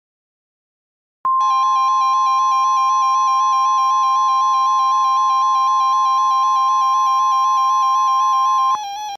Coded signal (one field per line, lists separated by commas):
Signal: Emergency Alert System (SAME) tones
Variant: 1050 Hz attention tone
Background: music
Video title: EAS scenario: Chernobyl